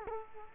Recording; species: mosquito wingbeat signal from an infrared sensor; Culex quinquefasciatus